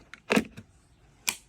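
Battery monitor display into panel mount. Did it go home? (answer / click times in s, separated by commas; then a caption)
yes / 1.3 s. A Victron battery-monitor display is pushed by hand into its cut-out panel mount beside and level with the TV on a 50-foot Bertram boat, with butyl seal already applied inside and out. Soft handling ticks and a louder rustling scrape near 0.3 s are followed by one sharp click at 1.3 s as the display seats in the mount.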